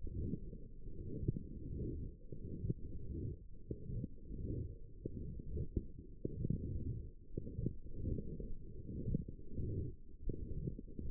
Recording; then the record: forearm muscle sounds (acoustic myography)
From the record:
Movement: forearm supination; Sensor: system 1, eight BSWA MPA416 microphones around the upper forearm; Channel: 3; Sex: female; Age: 21 years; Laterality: right